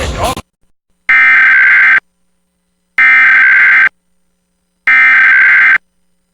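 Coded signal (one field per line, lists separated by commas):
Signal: Emergency Alert System (SAME) tones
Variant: header bursts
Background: speech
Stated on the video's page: National EAS test as carried on a television subchannel.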